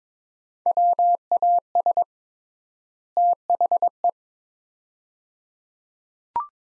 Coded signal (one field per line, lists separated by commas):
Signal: Morse code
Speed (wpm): 22 wpm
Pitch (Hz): 700 Hz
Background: none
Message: WAS THE